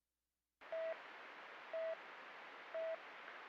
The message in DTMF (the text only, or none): none